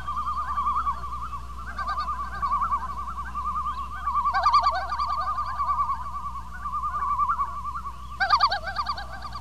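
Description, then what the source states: Loon giving a long, continuous tremolo, a rapidly quavering note that swells and fades in waves, with louder overlapping bursts near the end and low hum beneath. More than one loon.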